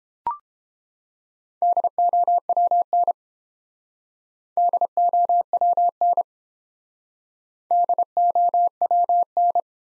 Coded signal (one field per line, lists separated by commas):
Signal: Morse code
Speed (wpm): 30 wpm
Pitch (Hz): 700 Hz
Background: none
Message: DOWN DOWN DOWN